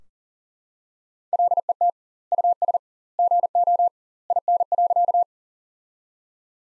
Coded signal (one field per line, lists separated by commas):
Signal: Morse code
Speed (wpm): 37 wpm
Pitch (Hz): 700 Hz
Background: none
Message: LET US GO IN.